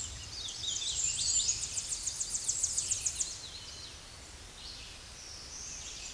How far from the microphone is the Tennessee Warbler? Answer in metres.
about 40 m